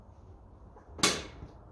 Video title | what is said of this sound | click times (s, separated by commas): 1954 Ferguson 20 TEF Diesel Wheels and Tyres | There's the click. | 1.0 s